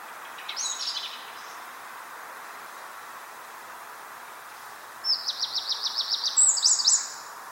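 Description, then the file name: Eurasian wren singing: a brief high burst near the start, a pause, then a fast, high trill of repeated notes ending in shrill twitters, steady hiss behind. "Troglodytes troglodytes"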